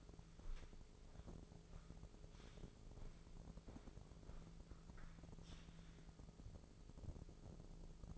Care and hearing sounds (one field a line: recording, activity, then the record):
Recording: daily activity, microphone in the room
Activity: walk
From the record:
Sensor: 5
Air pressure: 1005.6 hPa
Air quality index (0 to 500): 88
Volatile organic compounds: 2 ppm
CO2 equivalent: 1066 ppm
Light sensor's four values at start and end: 33/76/30/28 and 33/76/30/28